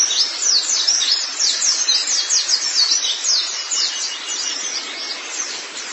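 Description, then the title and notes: White-eye song: a fast, continuous series of high, thin, down-slurred chirping notes, tumbling together in an energetic twitter. "Kicauan Burung Pleci Durasi Panjang. Suara kicauan burung pleci"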